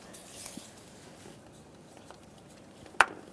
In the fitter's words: Press it up till you hear an audible click.